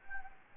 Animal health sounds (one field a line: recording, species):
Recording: mosquito wingbeat signal from an infrared sensor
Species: Anopheles gambiae